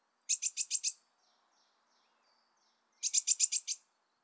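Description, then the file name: Eurasian blue tit giving two rapid bursts of five or six harsh, buzzy notes about three seconds apart, the first led by a brief thin high whistle. "Cyanistes caeruleus"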